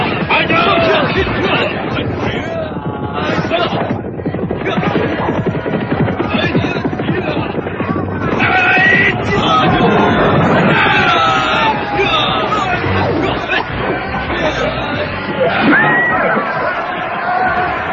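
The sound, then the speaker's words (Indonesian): A chaotic battle as Kediri soldiers confront enemy soldiers in a palace courtyard. Many men shout and yell over one another in a dense, unbroken din, with sharp clashing of weapons scattered throughout at a steady, loud level. “Suasana hening pecah oleh dentingan senjata dan teriakan para prajurit yang menemui ajar.”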